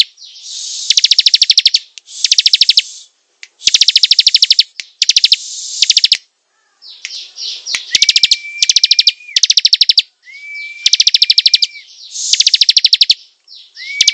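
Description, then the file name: Prinia song in many short bursts of rapid ticking, some with a level whistle underneath, broken by a quieter buzzy stretch midway. Singing vigorously, described as gacor. "prenjak gacor"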